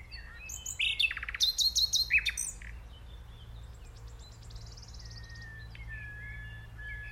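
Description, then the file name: Common nightingale song: a rich burst of rapid repeated notes, clicks and whistles in the first three seconds, then quieter trills and a soft drawn-out whistle over steady low hum. "Luscinia megarhynchos"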